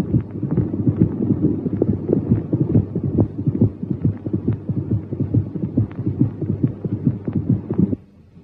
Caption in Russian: Ритм галопа, трехчленный ритм, напоминающий стук копыт галопирующей лошади. Добавочный глухой третий тон выслушивается или в начале диастолы, протодиастолический галоп, или в конце ее пресистолический галоп. Ритм галопа, сочетающийся с резкой тахикардией.